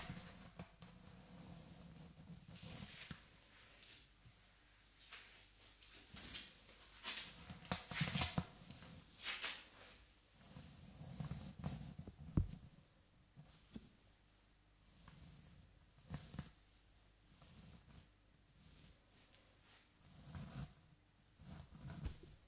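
Hair brushing: repeated bristly swishes sweep through every few seconds, bright and scratchy, over a low steady hum with occasional sharp clicks.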